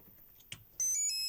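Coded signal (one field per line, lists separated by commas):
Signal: beep code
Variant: Hobbywing ESC startup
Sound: a click, then three quick rising electronic tones from the motor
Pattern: 3 short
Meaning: The three rising tones mean the power supply is okay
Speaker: Connect then the battery pack to the ESC on a special 1, 2, 3 tons. Mean power supply is okay, should be emitted.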